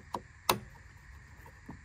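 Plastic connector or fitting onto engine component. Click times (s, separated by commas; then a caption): 0.5 s. A plastic connector in the engine bay of a 2012–2018 Ford Focus is pressed on by hand onto an engine component after a valve cover gasket replacement. A light tap at 0.1 s is followed by a sharp, bright click at 0.5 s, with a faint knock near 1.7 s. The fitting seats with the click at 0.5 s.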